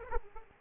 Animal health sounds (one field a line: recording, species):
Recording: mosquito wingbeat signal from an infrared sensor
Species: Aedes aegypti